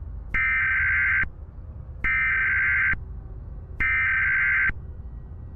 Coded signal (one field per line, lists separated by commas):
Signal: Emergency Alert System (SAME) tones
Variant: header bursts